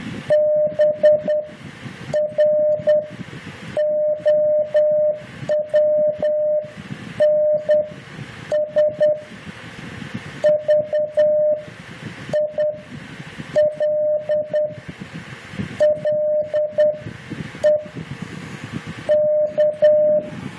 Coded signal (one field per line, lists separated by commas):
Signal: Morse code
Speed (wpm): 9 wpm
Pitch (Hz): 600 Hz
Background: none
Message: BROWNSVILLE K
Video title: N5XTC 1st CQ QSO with AI4U Clinton, NC